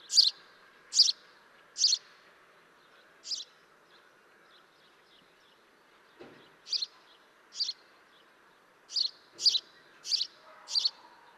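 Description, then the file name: House sparrow calls: bursts of short, rasping chirps separated by a pause of several seconds, with a brief dull knock in the quiet gap. "Passer domesticus"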